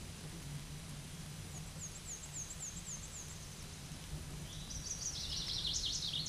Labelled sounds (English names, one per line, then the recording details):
Black-and-white Warbler song
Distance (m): 80 m
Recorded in a Pennsylvania forest on 19 May 2023 at 12:52
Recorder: AudioMoth, point grid1_10_low
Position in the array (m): 73 m, 193 m